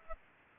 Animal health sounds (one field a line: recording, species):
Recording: mosquito wingbeat signal from an infrared sensor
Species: Aedes aegypti